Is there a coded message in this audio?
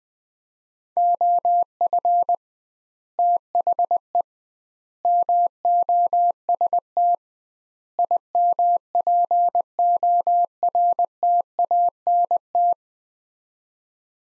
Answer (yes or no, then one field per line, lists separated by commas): yes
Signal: Morse code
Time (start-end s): 1.0-12.7 s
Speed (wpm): 21 wpm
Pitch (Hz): 700 Hz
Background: none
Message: OF THE MOST IMPORTANT